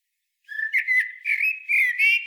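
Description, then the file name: Eurasian blackbird singing a continuous run of mellow fluted whistles that rise and fall in a warbling phrase. "Turdus merula"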